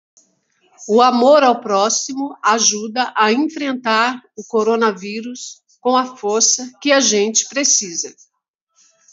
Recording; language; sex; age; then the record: spoken sentence; Brazilian Portuguese; female; 50 to 59 years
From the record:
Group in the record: control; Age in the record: 57 years